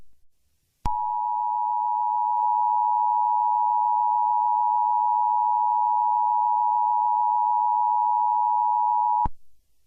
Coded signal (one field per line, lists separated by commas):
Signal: Emergency Alert System (SAME) tones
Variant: 853 and 960 Hz attention tone